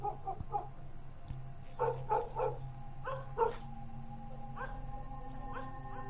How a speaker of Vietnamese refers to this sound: Bố tôi đang ngủ cũng vùng dậy lắng nghe tiếng chó tru lên rồi sủa ông ổng. Bố tưởng trộm, lăm lăm con dựa chạy ra nhưng không có ai cả. Con chó cứ chĩa về hướng bụi tre mà sủa ông ổng. Dứt quãng một hồi nó lại tru lên, nghe đến giận cả người.